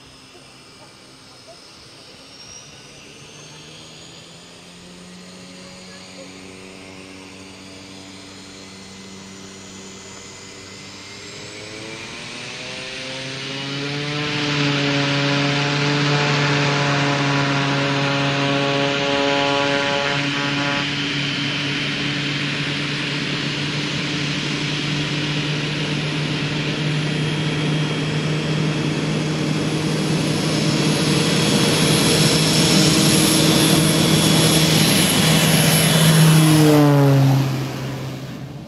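A small plane departs from an airstrip, its propeller engine starting as a low steady hum that rises in pitch and loudness around fifteen seconds. The roar holds strong and gritty, climbing brighter toward thirty-five seconds before cutting off abruptly near the end.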